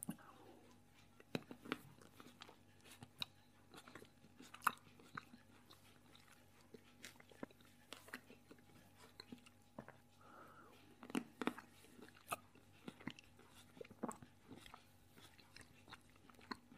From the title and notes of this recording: A PERSON EATING.